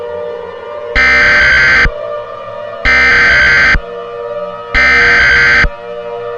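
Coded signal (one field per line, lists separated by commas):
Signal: Emergency Alert System (SAME) tones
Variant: header bursts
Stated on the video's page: Fictional short alert scenario, not a real broadcast.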